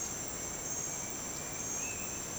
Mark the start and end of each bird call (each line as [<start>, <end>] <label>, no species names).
[0.00, 2.19] bird call